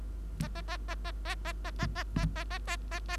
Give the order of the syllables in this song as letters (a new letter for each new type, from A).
A A A A A A A A A A A A A A A A